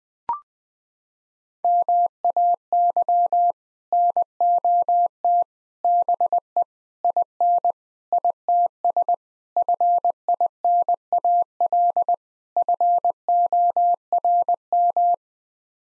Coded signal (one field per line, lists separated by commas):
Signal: Morse code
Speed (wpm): 20 wpm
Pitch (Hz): 700 Hz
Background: none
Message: MAY NOT BE IN ITS FINAL FORM